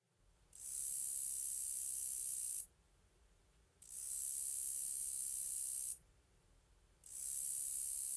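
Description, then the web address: Roesel's katydid song, a very high, hissing buzz held for about two seconds at a time, with three bursts separated by short silences. North America. "Songs of Insects. Roesels Katydid"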